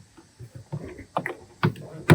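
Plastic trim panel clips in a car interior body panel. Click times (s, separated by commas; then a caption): 1.2 s, 1.3 s, 1.6 s, 2.1 s. A plastic interior trim panel on a 2007 Honda Pilot is grabbed from behind and pried outward during a reverse light enclosure replacement. Its press-in white fasteners pop free with sharp clicks at 1.2, 1.3, 1.6 and 2.1 seconds, the last being the loudest. Between the pops there is quieter rustling and creaking, and the panel clips come released.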